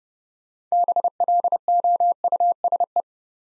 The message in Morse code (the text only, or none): BLOUSE